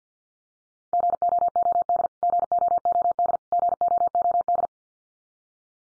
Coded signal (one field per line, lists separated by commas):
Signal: Morse code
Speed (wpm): 50 wpm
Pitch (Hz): 700 Hz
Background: none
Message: GOOD GOOD GOOD